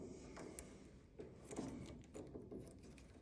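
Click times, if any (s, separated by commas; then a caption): none. A multi-pin plastic wiring plug is being pushed back toward its mating furnace harness connector while a replacement blower motor is reconnected in a Rheem furnace. Only handling noises are heard: soft rubbing, rustling and small taps. The plug has not seated and has not clicked yet.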